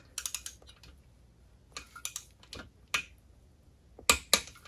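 A Craftsman click-type torque wrench set to 35 ft-lb tightens a lock nut holding a Mercruiser outdrive's upper unit to the lower unit. A series of short ratchet strokes ends in a loud, sharp click at 4.1 s, followed by another loud click just after. The click shows the lock nut has reached 35 ft-lb.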